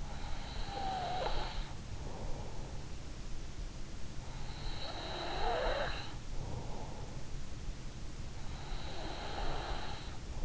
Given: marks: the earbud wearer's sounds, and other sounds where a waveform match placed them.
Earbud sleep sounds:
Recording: sounds in sleep by an in-ear microphone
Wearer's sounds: breath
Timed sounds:
0.00-2.51 s: breath
4.11-6.74 s: breath
8.17-10.45 s: breath

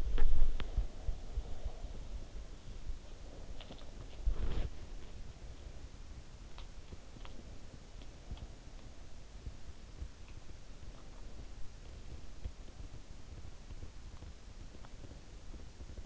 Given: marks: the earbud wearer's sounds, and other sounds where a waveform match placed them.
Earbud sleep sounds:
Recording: sounds in sleep by an in-ear microphone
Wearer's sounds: body movement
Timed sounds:
0.00-16.06 s: body movement

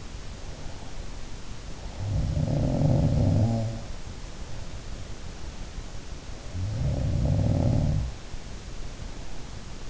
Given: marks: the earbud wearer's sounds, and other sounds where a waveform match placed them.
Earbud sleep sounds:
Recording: sounds in sleep by an in-ear microphone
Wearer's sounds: breath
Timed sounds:
0.00-2.44 s: breath
2.00-4.15 s: sound from someone else or the room
6.37-8.33 s: sound from someone else or the room

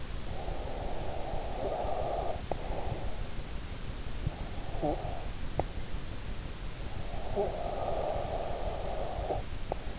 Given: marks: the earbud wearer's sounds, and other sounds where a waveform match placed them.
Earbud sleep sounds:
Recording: sounds in sleep by an in-ear microphone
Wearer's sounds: breath, snoring breath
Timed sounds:
0.00-3.55 s: breath
4.00-6.08 s: snoring breath
6.95-9.99 s: snoring breath

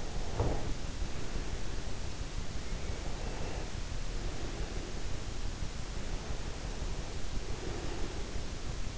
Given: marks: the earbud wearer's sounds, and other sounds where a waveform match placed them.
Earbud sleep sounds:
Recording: sounds in sleep by an in-ear microphone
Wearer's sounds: breath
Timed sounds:
0.17-2.06 s: breath
0.17-2.06 s: sound from someone else or the room
3.02-5.53 s: breath
5.98-8.97 s: breath

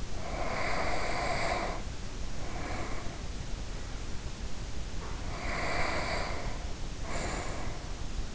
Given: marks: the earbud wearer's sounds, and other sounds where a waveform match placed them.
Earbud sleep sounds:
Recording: sounds in sleep by an in-ear microphone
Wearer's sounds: breath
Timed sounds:
0.00-3.41 s: breath
4.97-8.09 s: breath

